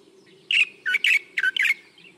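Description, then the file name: Light-vented bulbul uttering a single brisk phrase of five clipped, chirping notes, with a soft steady hum underneath. "白頭翁"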